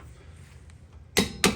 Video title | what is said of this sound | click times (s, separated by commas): 2010 Honda CR-V 4WD Front CV Axel Replacement | I heard it click all | 1.2 s, 1.4 s